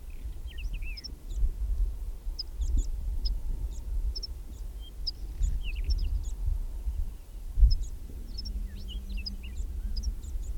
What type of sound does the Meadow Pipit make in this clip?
call